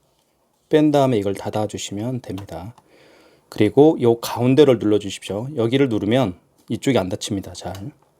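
Someone talks while handling the plastic paper compartment cover of a KMC-C600Q wireless card terminal's receipt printer, after a thermal paper roll has been loaded and its paper end pulled out, preparing to press the centre of the cover into the terminal body. Nothing has seated or clicked yet; the clip ends just before the cover snaps shut.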